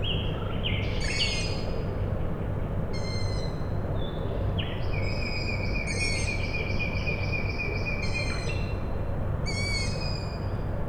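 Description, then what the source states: Owl chick squeaks, harsh and harmonic, repeated several times while a songbird sings long whistled and trilled phrases, over a low industrial rumble. Owl chicks calling at night, Tuesday 21 May 2019, Michałkowice, Siemianowice Śląskie, Poland; nightingale also present; industrial plant in background; recorded with Zoom H5 and Audio-Technica BP4025.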